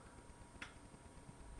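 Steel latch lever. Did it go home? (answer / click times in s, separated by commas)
released / 0.6 s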